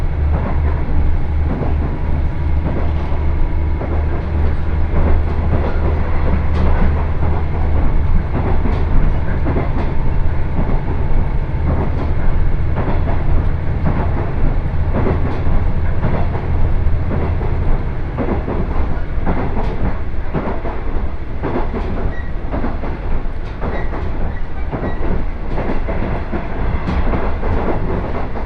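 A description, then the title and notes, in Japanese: A two-car KiHa 110 diesel train runs along the Kesennuma Line between Maeyachi and Yanaizu. A deep engine drone holds steady for about eighteen seconds, then drops away, while rail clicks and clatters repeat throughout over a constant rolling rumble. 鉄道旅 気仙沼線 前谷地→柳津。キハ110系の２両編成が快走していきます。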